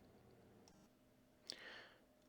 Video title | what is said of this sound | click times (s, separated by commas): E23: Mobile Radio Installations | you Loop the wire you can close the ferret choke until it snaps together | 1.5 s